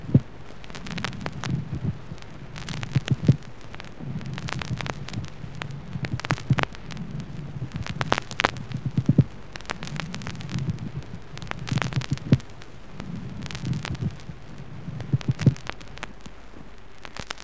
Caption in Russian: Шум трения плевры также выслушивается в начале эксудативного плеврита и при рассасывании плевральной жидкости. Нежный шум трения плевры.